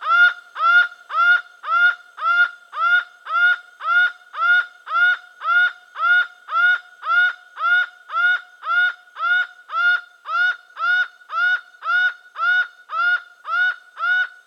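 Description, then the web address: Laughing falcon in a fast even series of single nasal notes, nearly two per second, rhythmic and unbroken for the whole stretch. Venezuela. "Birds of the Amazon. Laughing Falcon (Herpetotheres cachinnans), Venezuela"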